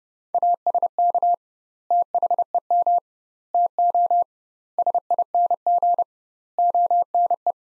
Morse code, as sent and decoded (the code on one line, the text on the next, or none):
.- ... -.- / - .... . -- / - --- / ... .. -. --. / --- -. .
ASK THEM TO SING ONE